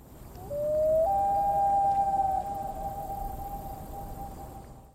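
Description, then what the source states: Common loon wail: a pure, mournful tone that slides up, then holds a long, steady, slightly wavering note for about four seconds against a quiet hiss. Played recording; a wailing call described as sad and haunting.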